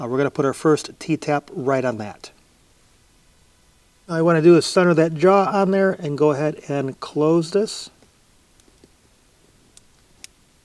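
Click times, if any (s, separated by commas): 10.2 s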